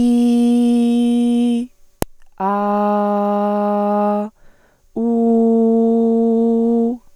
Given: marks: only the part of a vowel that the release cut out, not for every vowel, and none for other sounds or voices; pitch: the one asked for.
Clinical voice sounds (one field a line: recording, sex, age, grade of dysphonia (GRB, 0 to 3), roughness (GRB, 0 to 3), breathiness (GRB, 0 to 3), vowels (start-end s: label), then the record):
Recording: sustained vowels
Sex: female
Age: 20 to 29 years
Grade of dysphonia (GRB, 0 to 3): 2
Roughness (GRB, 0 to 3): 0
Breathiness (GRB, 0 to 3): 2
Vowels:
0.00-1.45 s: vowel /i/, normal pitch
2.65-4.08 s: vowel /a/, normal pitch
5.31-6.78 s: vowel /u/, normal pitch
From the record:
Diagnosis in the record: hyperfunctional dysphonia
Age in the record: 29 years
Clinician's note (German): Leichte Form bei ausgebildeter Gesangsstimme